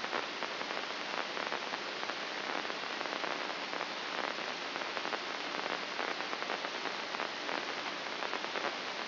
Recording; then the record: brain microelectrode recording played as sound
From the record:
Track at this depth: inside the subthalamic nucleus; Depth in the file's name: 5.229 mm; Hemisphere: left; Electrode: 2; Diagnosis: Parkinson's disease